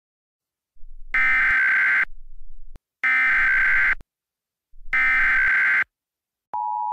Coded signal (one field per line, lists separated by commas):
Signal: Emergency Alert System (SAME) tones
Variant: header bursts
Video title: EAS Scenario #2 Contaminated Soda to a Nuclear Disaster